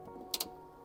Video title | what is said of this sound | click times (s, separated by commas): MK2 AUDI TT WATER LEAK FIX! | push it till it clicks so that's in there nice and tight then this little line here you feed through | 0.3 s